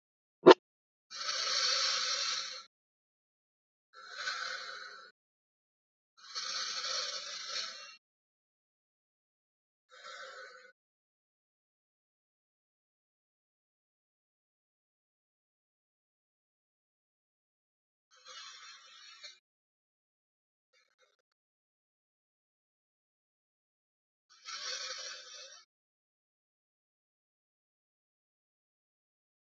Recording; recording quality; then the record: deep breathing; excellent, no background noise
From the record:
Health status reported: healthy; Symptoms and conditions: none ticked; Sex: male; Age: 26 years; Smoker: not ticked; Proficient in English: yes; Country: India